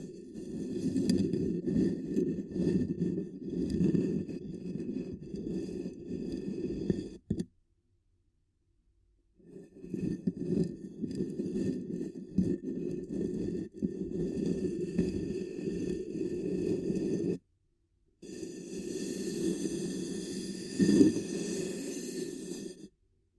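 Ear cupping triggers: a muffled, low rustling rumble of hands pressing and moving, with faint thin ticks higher up. The sound runs in stretches broken by two silent gaps, near 7–9 seconds and 17–18 seconds, and the last stretch turns brighter and hissier.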